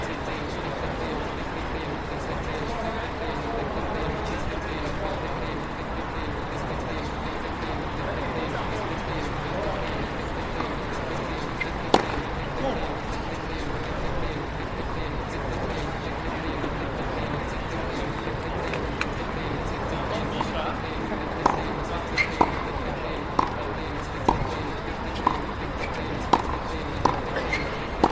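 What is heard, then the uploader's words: A steady crowd murmur at the US Open tennis championships fills the whole stretch, dense chatter with a low rumble underneath. A sharp single knock lands near twelve seconds, and from about twenty-one seconds on, quick crisp pops recur every second or two. Sounds of the US Open tennis championships.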